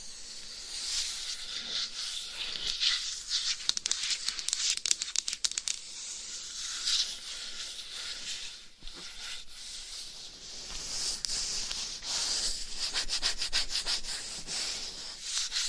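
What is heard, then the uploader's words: Scratching and tapping on a dummy head microphone with a cover, heard as a dense, bright rustling hiss that runs throughout. Bursts of quick, sharp taps cluster around two to six seconds and again near twelve to fifteen seconds, with a brief drop just before nine seconds. Binaural Dummy Head Mic Scratching & Tapping with Different Mic Covers No Talking.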